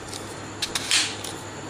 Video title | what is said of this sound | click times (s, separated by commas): led bulb ko thik karne ka takreka- kharab led bulb banane ka tarika | कि आलू देखिए कि आपको इसके अंदर से लॉक की आवाज आई जब इसके बॉक्स ओपन होगा तो आपको वहां जाएगी तो फिर आप उसे आसानी के साथ ऐसे खोल सकते हैं कि | 0.6 s, 0.8 s